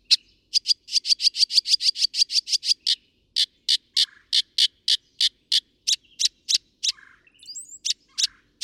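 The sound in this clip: Northern mockingbird song of loud, harsh repeated notes, first a fast rattling series, then slower evenly spaced calls with a brief sliding whistle near the end.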